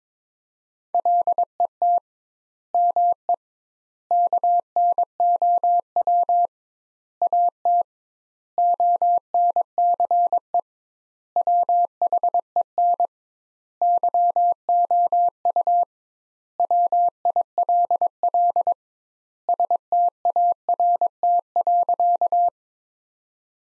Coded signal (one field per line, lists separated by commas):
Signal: Morse code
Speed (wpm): 22 wpm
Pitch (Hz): 700 Hz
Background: none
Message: LET ME KNOW AT ONCE WHEN YOU WILL START.